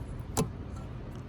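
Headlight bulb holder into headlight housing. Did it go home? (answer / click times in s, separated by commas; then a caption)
yes / 0.4 s. A headlight bulb holder on a Lexus is placed on the back of the headlight housing and twisted to lock. One sharp plastic click sounds at 0.4 s over a low steady background, and the holder is seated and locked in the housing.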